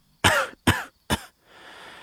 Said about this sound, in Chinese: 你起来干嘛？回去躺着，还咳得不够啊？